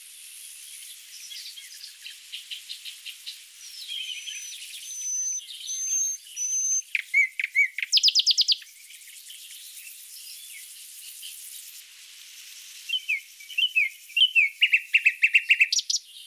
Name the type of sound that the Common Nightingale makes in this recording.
song